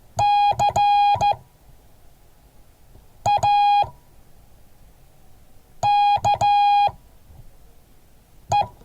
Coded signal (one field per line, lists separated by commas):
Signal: Morse code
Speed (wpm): 14 wpm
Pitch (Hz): 820 Hz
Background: none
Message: CAKE